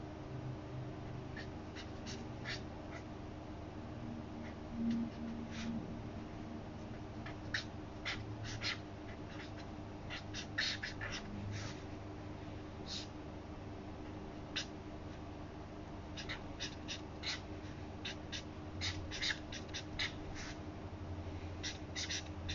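Someone copies out a passage from a book by hand, with quick irregular ticks and scratches in bursts over a steady low hum.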